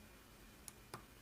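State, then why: Not seated. The last display flex cable connector of an iPhone 5s LCD replacement is handled over the logic board socket after trouble finding where it should clip in. Two brief ticks are heard, at about 0.7 and 0.9 seconds, over a steady low hiss. Nothing has seated or clicked into place yet.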